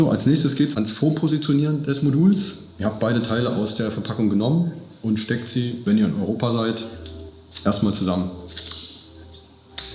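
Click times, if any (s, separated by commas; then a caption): 9.8 s. Someone talks while the two halves of a car underfloor light module, taken out of the packaging, are pushed together by hand. A sharp snap is heard at 9.8 s as they click together, and both parts are firmly connected.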